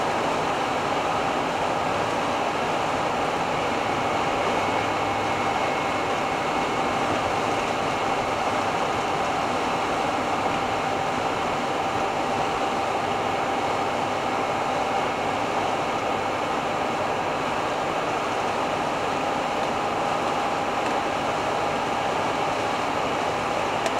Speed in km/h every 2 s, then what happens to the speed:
92, 92, 90, 90, 90, 90, 90, 91, 92, 91, 93, 94.
0-24 steady at about 91.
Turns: none.